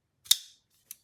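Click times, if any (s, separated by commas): 0.3 s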